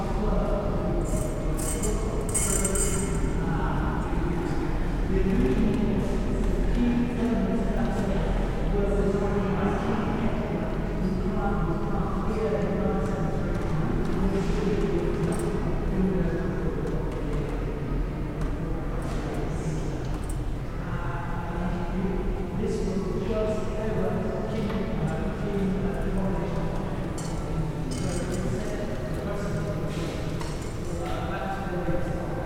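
Footsteps echo and hushed voices reverberate in Bath Abbey, a steady murmur of overlapping talk that never drops away. Scattered footfalls and small clicks come through the wash of voices, brightest near the start, over a constant low rumble.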